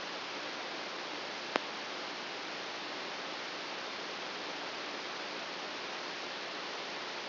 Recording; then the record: brain microelectrode recording played as sound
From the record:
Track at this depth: inside the subthalamic nucleus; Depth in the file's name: 3.503 mm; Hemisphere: right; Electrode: 2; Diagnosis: Parkinson's disease